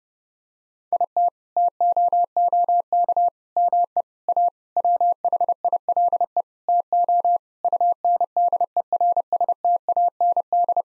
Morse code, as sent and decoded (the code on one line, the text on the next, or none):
.. - / - --- --- -.- / -- . / .- / .-- .... .. .-.. . / - --- / ..- -. -.. . .-. ... - .- -. -..
IT TOOK ME A WHILE TO UNDERSTAND